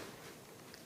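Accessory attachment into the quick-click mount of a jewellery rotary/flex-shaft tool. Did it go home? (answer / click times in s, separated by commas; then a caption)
no / none. An accessory attachment with a bow-tie shaped recess underneath is being lined up and twisted onto the matching quick-click mount of a jewellery rotary/flex-shaft tool. Steady, broadband handling noise fills the clip, with one brief sharp tick at about 0.7 s. Nothing has seated or clicked into place yet.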